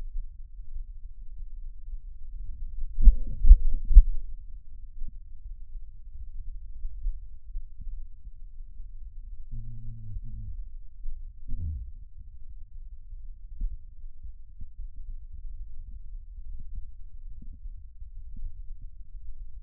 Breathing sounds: lung sounds by stethoscope; left anterior apical chest; quiet breathing, then cough and speech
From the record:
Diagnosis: interstitial lung disease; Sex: male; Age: 66 years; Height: 172 cm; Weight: 107.6 kg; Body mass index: 36.4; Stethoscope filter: bell mode

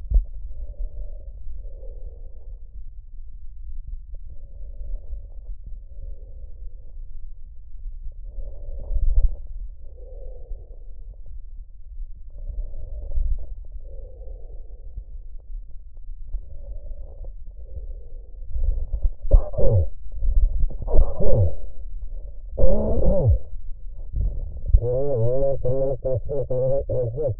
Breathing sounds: lung sounds by stethoscope; trachea; quiet breathing, then cough and speech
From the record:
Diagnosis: pulmonary infection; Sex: male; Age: 54 years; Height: 187 cm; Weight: 95 kg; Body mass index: 27.2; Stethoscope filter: extended mode

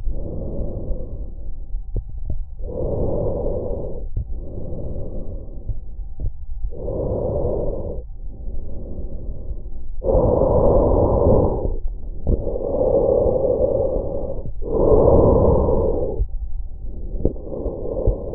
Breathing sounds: lung sounds by stethoscope; trachea; quiet breathing, then deep breathing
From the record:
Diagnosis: interstitial lung disease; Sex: male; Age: 66 years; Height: 164 cm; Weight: 76.2 kg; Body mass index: 28.3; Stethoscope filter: extended mode

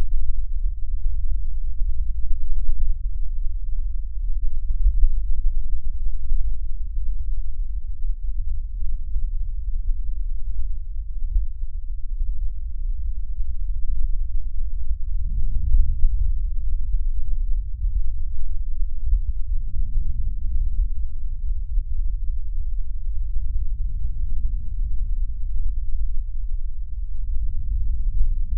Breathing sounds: lung sounds by stethoscope; left posterior apical chest; quiet breathing, then deep breathing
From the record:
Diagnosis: pulmonary infection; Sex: male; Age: 74 years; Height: 171 cm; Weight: 80 kg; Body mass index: 27.4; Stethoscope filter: bell mode

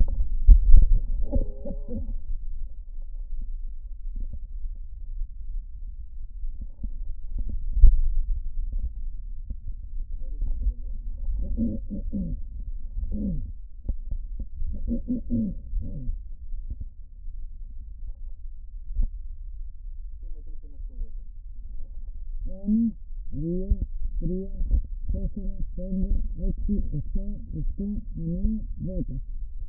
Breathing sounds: lung sounds by stethoscope; left anterior apical chest; quiet breathing, then cough and speech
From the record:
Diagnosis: pulmonary infection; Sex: female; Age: 74 years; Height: 160 cm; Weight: 66 kg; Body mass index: 25.8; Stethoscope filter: diaphragm mode

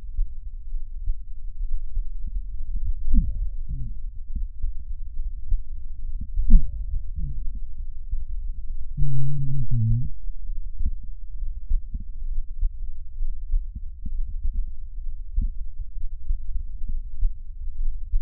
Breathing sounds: lung sounds by stethoscope; right anterior apical chest; quiet breathing, then cough and speech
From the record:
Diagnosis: COPD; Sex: male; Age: 57 years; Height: 165 cm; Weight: 85.7 kg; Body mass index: 31.5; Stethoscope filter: bell mode

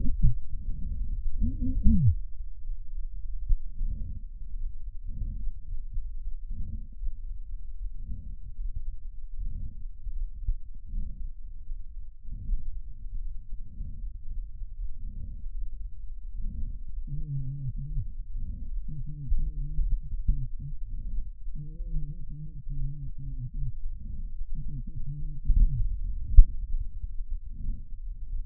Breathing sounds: lung sounds by stethoscope; left posterior apical chest; quiet breathing, then cough and speech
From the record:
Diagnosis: interstitial lung disease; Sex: male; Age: 72 years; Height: 167 cm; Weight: 74 kg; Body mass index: 26.5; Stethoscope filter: bell mode

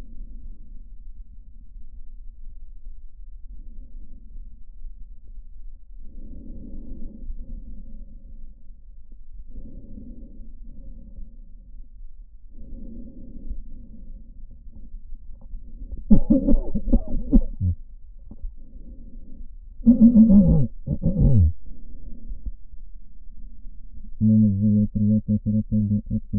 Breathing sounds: lung sounds by stethoscope; right posterior apical chest; quiet breathing, then cough and speech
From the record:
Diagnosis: none (healthy); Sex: male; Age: 45 years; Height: 173 cm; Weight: 92 kg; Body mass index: 30.7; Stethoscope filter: diaphragm mode

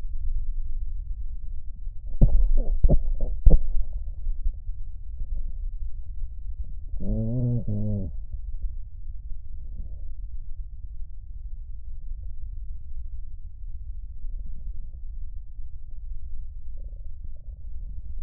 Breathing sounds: lung sounds by stethoscope; right posterior basal chest; quiet breathing, then cough and speech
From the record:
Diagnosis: COPD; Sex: male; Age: 81 years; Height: 166 cm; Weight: 98.7 kg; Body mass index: 35.8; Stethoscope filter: extended mode

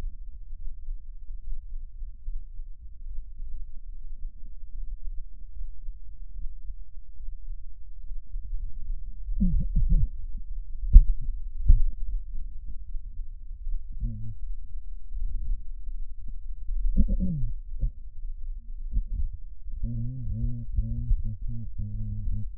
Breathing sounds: lung sounds by stethoscope; left anterior apical chest; quiet breathing, then cough and speech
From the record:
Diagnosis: none (healthy); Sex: male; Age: 35 years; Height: 186 cm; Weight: 108 kg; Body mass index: 31.2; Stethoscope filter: bell mode

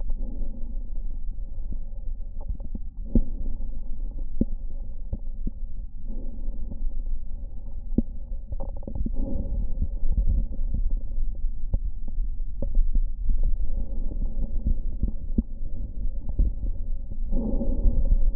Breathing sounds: lung sounds by stethoscope; left posterior basal chest; quiet breathing, then deep breathing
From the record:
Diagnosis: interstitial lung disease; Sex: female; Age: 61 years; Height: 155 cm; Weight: 75.5 kg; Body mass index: 31.4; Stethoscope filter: diaphragm mode

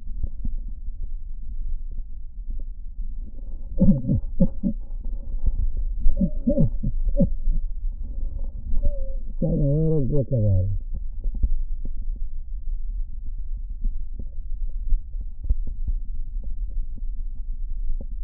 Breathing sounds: lung sounds by stethoscope; right posterior basal chest; quiet breathing, then cough and speech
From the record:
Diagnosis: COPD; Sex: male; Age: 85 years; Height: 183 cm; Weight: 88 kg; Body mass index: 26.3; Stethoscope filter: diaphragm mode

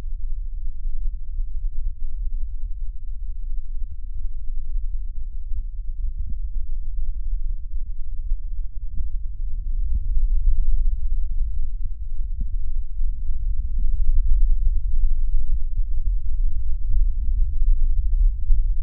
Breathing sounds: lung sounds by stethoscope; right posterior basal chest; quiet breathing, then deep breathing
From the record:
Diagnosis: asthma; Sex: female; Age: 74 years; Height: 155 cm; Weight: 63 kg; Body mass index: 26.2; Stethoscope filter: bell mode

